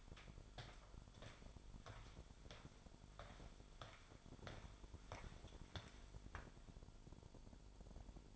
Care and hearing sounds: daily activity, microphone in the room; walk to room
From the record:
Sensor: 5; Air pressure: 1008.3 hPa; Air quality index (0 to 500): 122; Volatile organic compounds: 1 ppm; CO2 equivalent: 940 ppm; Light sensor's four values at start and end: 35/82/32/32 and 40/81/37/40

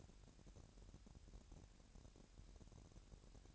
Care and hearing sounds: daily activity, microphone in the room; take from stove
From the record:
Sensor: 2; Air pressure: 1011.9 hPa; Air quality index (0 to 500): 197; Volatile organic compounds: 3 ppm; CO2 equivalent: 1399 ppm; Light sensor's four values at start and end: 74/175/72/70 and 74/175/72/70

